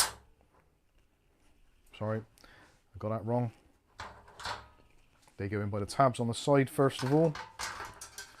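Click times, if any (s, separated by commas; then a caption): 8.0 s, 8.2 s. A side panel is fitted onto a Thermaltake PC case frame, tabs on the side first, then pushed in while someone talks. Two clicks at 8.0 s and 8.2 s mark the panel's tabs locking into place, seating it.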